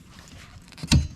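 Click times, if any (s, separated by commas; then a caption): 0.9 s. A replacement wiper blade is pressed down onto the hook of a Toyota RAV4 windshield wiper arm, and its lock mechanism snaps home with one sharp, loud click at 0.9 s. Faint low rustling and a few soft ticks come before it. The blade is seated on the arm.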